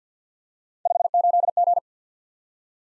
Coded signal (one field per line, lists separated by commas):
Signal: Morse code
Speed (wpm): 52 wpm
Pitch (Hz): 700 Hz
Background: none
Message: 58G